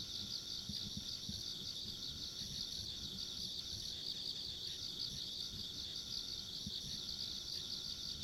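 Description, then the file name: Insects trilling continuously in a shrill, rapidly pulsed chorus, with a faint higher whine and scattered low thumps underneath. Ambient insect sounds along a rural country road. "田舎道の虫の環境音"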